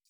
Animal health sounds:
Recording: hydrophone in a shrimp aquaculture tank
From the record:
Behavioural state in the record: feeding

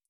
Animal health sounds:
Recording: hydrophone in a shrimp aquaculture tank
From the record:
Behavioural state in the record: feeding

